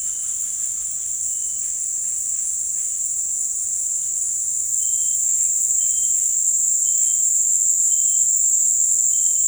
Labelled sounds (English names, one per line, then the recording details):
none
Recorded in dense forest near Puerto Asís, Putumayo, Colombia, on 12 March 2025 at 17:30
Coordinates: 0.484, -76.317
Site G064